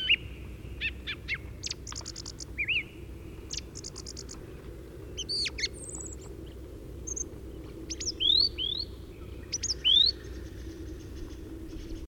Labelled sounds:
Song Thrush (Turdus philomelos) song
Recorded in the wild
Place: Anklam, Mecklenburg-Vorpommern, DE
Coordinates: 53.812, 13.861
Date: 1980-05-24
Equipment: Nagra III BH, Sennheiser MD 21, parabola
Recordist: Schubert, Michael
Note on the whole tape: Gesang Singdrossel

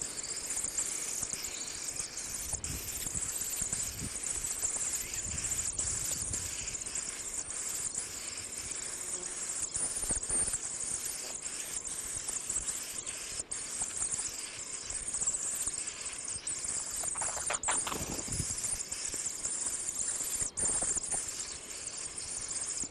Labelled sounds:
Eurasian Hoopoe (Upupa epops) call
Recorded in the wild
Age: juvenile
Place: Niederspree, Oberlausitz, Sachsen, DE
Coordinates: 51.3833, 14.8833
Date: 1962-05-12
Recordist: Meyer, Hugo

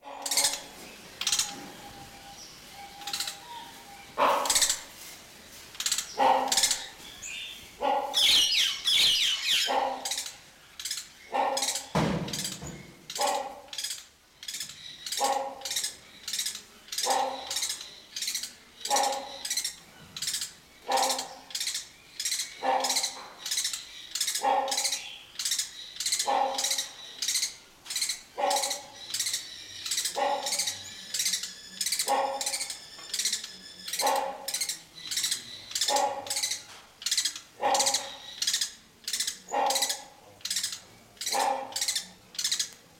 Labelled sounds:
Great Hornbill (Buceros bicornis)
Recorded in captivity
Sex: male
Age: adult
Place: Zoo Berlin, Berlin, DE
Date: 1992-05-09 11:20
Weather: wolkig, 11-14°C
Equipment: Nagra SN, Mikrofon AKG CK 8, Kopie Tesla B 116
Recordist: Tembrock, Günter

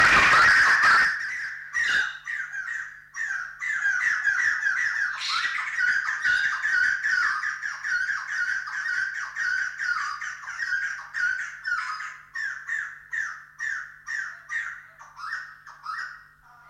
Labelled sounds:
White-crested Laughingthrush (Garrulax leucolophus)
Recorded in captivity
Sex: pair
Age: adult
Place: Zoo Halle, Sachsen-Anhalt, DE
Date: 1993-04-26
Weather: heiter, 26 °C
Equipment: Sony WM-D6C, Sony ECM-939 LT, Kopie Uher Variocord 263
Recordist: Tembrock, Günter

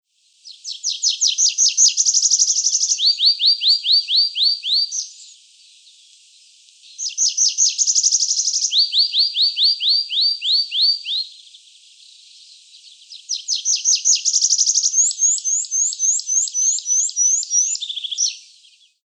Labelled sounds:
Tree Pipit (Anthus trivialis)
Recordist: Tembrock, Günter
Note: Gesang

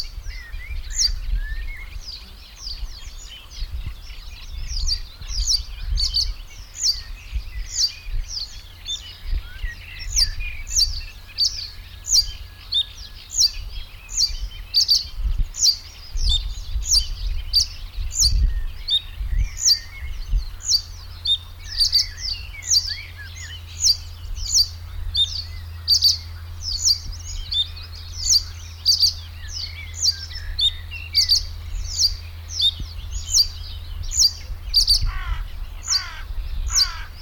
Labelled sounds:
Reed Bunting (Emberiza schoeniclus)
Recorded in the wild
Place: Karower Teiche, Naturpark Barnim, Berlin, DE
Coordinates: 52.62, 13.46
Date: 1996-05-19 13:20
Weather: heiter, 24°C
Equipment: Sony MD-WM MZ-R3, Sennheiser MKH 416 T, Kopie Uher 4000 Report Monitor
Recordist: Tembrock, Günter

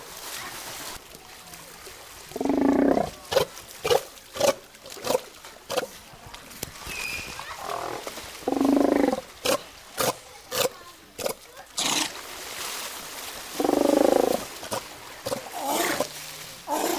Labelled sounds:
South American Sea Lion (Otaria flavescens) call
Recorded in captivity
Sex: pair
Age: adult
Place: Tiergarten Heidelberg, Baden-Württemberg, DE
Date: 2000-09-27 16:00
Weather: overcast, 16 - 17°C
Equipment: Nagra SN, Kopie Uher 4000 Report Monitor
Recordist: Tembrock, Günter

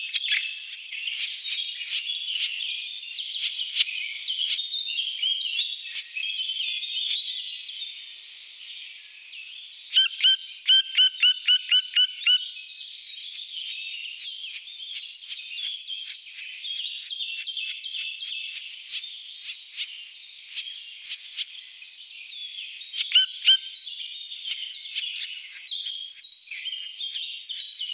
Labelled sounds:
Black Woodpecker (Dryocopus martius) call
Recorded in the wild
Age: juvenile
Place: Waltershofen / Freiburg im Breisgau, Baden-Württemberg, DE
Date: 1977-05-28
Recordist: Schwarz, Dieter

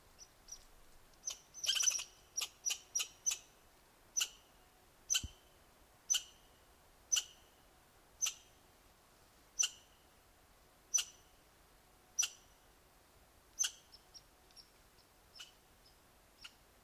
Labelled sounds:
Red Squirrel (Tamiasciurus hudsonicus) call
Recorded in the wild
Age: adult
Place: Jasper National Park, Rocky Mountains, Alberta, CA
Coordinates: 52.7231, -117.629
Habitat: coniferous forest
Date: 1991-09-13 15:57
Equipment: Sony WM-D6C, Sony ECM-939 LT (Stereo), Kopie Uher 4400 IC
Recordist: Frommolt, Karl-Heinz
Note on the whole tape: Lake Maligne: Rufe, am Schluss der Aufnahme Fressgeräusche

